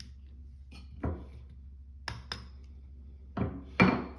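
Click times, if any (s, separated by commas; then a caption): 3.8 s. A factory trigger component is worked out of a Canik SFX METE pistol frame, with a few light knocks and taps at about 1.0, 2.1, 2.3 and 3.4 seconds. A sharp click at 3.8 seconds marks the part coming free, and it releases relatively easily.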